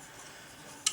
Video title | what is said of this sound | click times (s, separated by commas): Beta WindowLED Floor Lamp: Part 2: LED Assembly | what you're gonna do is snap these together they snap together very nicely you'll hear a click I always like it when you have things that click | 0.9 s